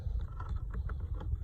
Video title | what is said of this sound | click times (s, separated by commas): Ford Fiesta MK7 2014 Interior Door Handle Replacement 😛👍😁 | slide in and locks in place. | 0.9 s